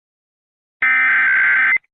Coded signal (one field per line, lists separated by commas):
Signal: Emergency Alert System (SAME) tones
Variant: header bursts